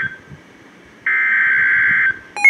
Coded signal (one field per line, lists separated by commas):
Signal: Emergency Alert System (SAME) tones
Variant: header bursts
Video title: Severe Thunderstorm Warning (EAS #1577-1578)